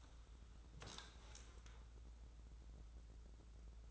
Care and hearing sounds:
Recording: daily activity, microphone in the room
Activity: sit down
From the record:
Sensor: 3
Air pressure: 994.5 hPa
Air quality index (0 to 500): 200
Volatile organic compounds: 1000 ppm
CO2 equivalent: 6617 ppm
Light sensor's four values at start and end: 196/465/198/201 and 177/417/179/178

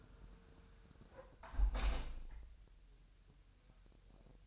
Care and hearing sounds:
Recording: daily activity, microphone in the room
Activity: close window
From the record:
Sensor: 2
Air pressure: 999.8 hPa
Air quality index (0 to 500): 224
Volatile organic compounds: 53 ppm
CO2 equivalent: 3331 ppm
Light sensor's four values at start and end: 8/20/8/8 and 8/19/8/8

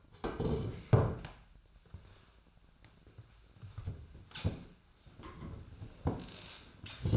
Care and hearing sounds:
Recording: daily activity, microphone in the room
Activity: sit down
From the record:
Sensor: 2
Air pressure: 1007.8 hPa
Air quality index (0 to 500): 178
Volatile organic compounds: 9 ppm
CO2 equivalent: 2196 ppm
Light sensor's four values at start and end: 10/23/10/10 and 10/24/10/10

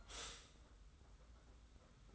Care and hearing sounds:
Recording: daily activity, microphone in the room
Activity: stop toaster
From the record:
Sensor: 3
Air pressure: 991.6 hPa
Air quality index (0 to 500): 182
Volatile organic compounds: 1000 ppm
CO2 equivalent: 6073 ppm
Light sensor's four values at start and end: 40/114/46/41 and 40/114/46/41

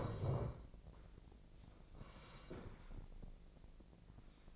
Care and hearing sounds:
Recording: daily activity, microphone in the room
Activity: sit down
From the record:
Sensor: 5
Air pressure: 1012.3 hPa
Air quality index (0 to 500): 148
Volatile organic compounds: 2 ppm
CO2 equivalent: 1020 ppm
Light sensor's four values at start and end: 274/657/280/310 and 274/657/281/310

